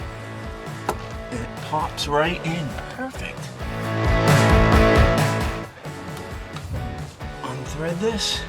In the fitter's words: you have to do is bend this and pull up it pops